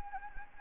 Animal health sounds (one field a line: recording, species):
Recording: mosquito wingbeat signal from an infrared sensor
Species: Anopheles gambiae